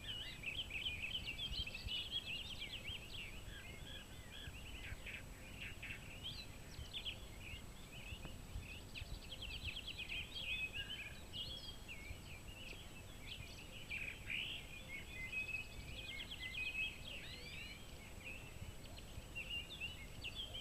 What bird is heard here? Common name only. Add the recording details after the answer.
Song Thrush. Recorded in the wild. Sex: male. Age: adult. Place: Vrata Tal, Krain, SI. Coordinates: 46.4, 13.9. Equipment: Hornyphon, Phillips Mikrofon. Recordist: Brunner, Thomas